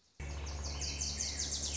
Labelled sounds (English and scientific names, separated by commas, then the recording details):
Wilson's Warbler (Cardellina pusilla)
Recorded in Sonoma County, California